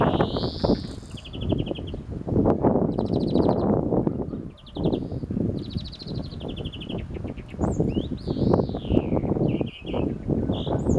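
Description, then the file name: European Greenfinch calls: rapid trilled chatters and a drawn-out nasal wheeze, repeated over heavy low rustling or handling noise throughout. "Chloris chloris"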